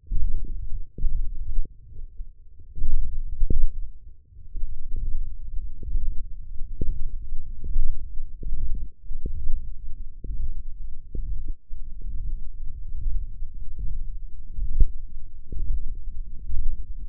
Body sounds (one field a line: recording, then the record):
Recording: forearm muscle sounds (acoustic myography)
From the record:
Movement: radial deviation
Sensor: system 1, eight BSWA MPA416 microphones around the upper forearm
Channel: 5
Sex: male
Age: 23 years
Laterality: right